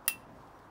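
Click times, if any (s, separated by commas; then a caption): 0.1 s. A 25 mm TCT holesaw is slid onto a quick-change arbor and snaps into its locked position. A single sharp, bright click sounds at 0.1 seconds and then fades into quiet background. The holesaw is seated and locked on the arbor.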